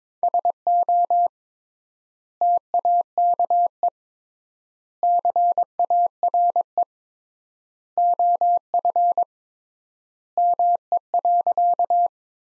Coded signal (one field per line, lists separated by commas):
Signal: Morse code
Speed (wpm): 21 wpm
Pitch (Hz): 700 Hz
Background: none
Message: SO TAKE CARE OF ME.